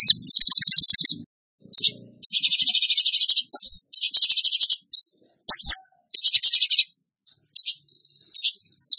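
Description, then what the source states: Bird song of dense high trills in repeated bursts, broken by thin descending whistles and short chips. Masteran training recording for songbirds, in the tembakan gacor song style.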